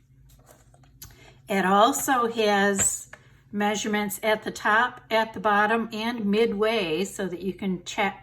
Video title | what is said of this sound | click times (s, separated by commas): Basic Tools for Card Making | it has and that does slide in and lock into place for storage | 1.0 s